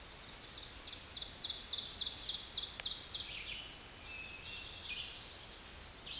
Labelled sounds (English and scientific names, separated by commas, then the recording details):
Ovenbird (Seiurus aurocapilla) song
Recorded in a Pennsylvania forest on 16 May 2024 at 07:49
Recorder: AudioMoth, point MSD-2287
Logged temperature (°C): 11.2 °C
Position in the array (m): 108 m, -5 m